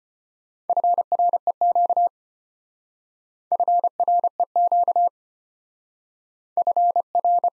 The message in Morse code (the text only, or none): FREQ FREQ FR